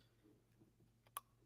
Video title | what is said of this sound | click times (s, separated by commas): March 14th Email! - APOIT | and you can barely hear it click but it does and then once you do | 1.2 s